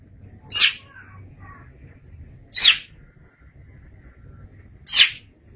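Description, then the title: Oriental magpie-robin uttering three loud, scratchy notes about two seconds apart, with quiet low background hum. "Suara Kicauan Burung Kacer Durasi Panjang"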